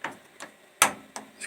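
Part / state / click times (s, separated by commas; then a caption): syringe into printer tool head holder / seated / 0.8 s. A plastic material syringe is pushed into its holder on a 3D printer tool head and clicks right in at 0.8 s, so its ears no longer need to be cut. Fainter ticks sound at about 0.0, 0.4 and 1.2 s around the sharp, bright main click, and the syringe ends up seated in the holder.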